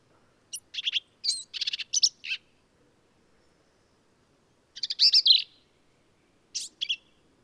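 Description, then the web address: Black-capped vireo giving a burst of several scratchy, squeaky phrases, a pause of about two seconds, then more harsh chattering phrases. "birdsongforthecurious songs Black-capped Vireo"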